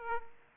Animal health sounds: mosquito wingbeat signal from an infrared sensor; Aedes aegypti

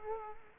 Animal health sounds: mosquito wingbeat signal from an infrared sensor; Culex quinquefasciatus

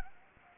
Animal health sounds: mosquito wingbeat signal from an infrared sensor; Anopheles gambiae

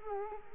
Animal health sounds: mosquito wingbeat signal from an infrared sensor; Culex quinquefasciatus

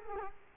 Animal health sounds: mosquito wingbeat signal from an infrared sensor; Culex quinquefasciatus

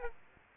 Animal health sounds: mosquito wingbeat signal from an infrared sensor; Aedes aegypti

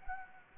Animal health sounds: mosquito wingbeat signal from an infrared sensor; Anopheles gambiae

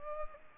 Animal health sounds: mosquito wingbeat signal from an infrared sensor; Culex pipiens

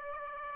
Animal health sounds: mosquito wingbeat signal from an infrared sensor; Aedes aegypti

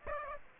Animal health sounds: mosquito wingbeat signal from an infrared sensor; Aedes aegypti

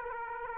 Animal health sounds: mosquito wingbeat signal from an infrared sensor; Aedes aegypti

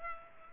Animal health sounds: mosquito wingbeat signal from an infrared sensor; Culex pipiens

